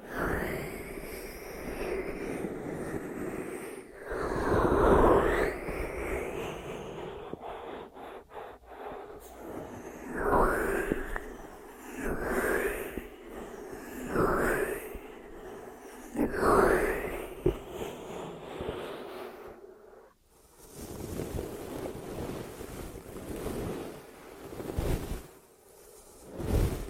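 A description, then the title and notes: Ear triggers made of soft, whooshing rubs and brushes, swelling and fading every couple of seconds like small waves. Between strokes there are faint scratchy crackles and a low rumble, with a brief near-silent gap around twenty seconds. 50 Ear Triggers in 50 Minutes (No Talking).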